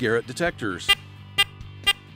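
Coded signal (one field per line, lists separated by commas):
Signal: none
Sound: metal detector target tones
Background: speech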